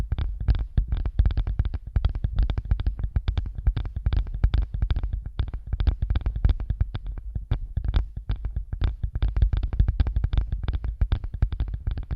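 ASMR massage triggers picked up through headphones: a dense, continuous run of soft thumping taps and rubbing strokes, heavy in the low end and muffled. The hits come quickly and fairly evenly for the whole stretch, with short bursts of brighter crackle riding on top.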